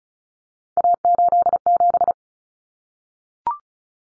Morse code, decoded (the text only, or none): A87